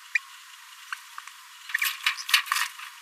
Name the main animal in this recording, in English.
Green-rumped Parrotlet